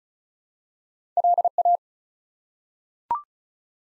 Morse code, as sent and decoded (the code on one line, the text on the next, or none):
.-.. .-
LA